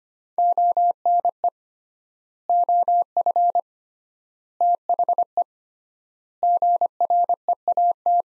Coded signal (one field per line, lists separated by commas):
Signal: Morse code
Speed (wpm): 25 wpm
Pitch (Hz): 700 Hz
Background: none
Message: ONE OF THE GREAT